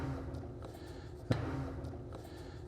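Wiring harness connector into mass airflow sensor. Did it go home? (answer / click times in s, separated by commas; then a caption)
yes / 1.3 s. A plastic wiring harness plug is pushed back onto the mass airflow sensor of an Mk4 Volkswagen Golf GTI (1998-2006 VW Beetle, Jetta, Golf) after the engine air filter change. Over a low steady hum, faint taps come at about 0.7 s and 2.2 s, and a sharp click at 1.3 s marks the connector seating.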